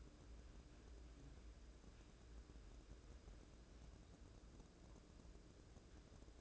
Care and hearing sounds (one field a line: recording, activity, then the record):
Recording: daily activity, microphone in the room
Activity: wipe stove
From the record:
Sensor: 2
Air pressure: 1012.2 hPa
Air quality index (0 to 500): 158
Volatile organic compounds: 2 ppm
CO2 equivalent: 1157 ppm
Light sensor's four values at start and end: 400/1072/400/433 and 400/1070/399/432